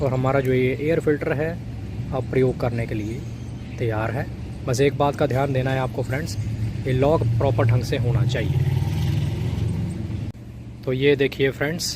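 An air filter element for a Bajaj Platina 100cc Comfortech is handled and lined up in its plastic holder, not yet pushed home, while someone talks. A steady low hum runs underneath and swells between about 7 and 10 seconds. Nothing has locked or clicked yet.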